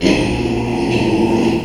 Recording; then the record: squeal of a Yucatan mini pig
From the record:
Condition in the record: after surgery on the right vocal fold (resection and tissue-engineered implant); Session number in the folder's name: 2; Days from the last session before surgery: 13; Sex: male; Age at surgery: 12 weeks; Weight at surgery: 13 kg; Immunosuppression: cyclosporine, prednisolone